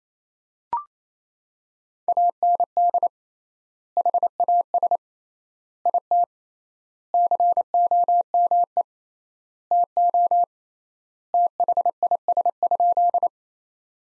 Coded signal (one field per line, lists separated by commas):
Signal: Morse code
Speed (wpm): 27 wpm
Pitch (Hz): 700 Hz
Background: none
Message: AND HAS IT COME TO THIS?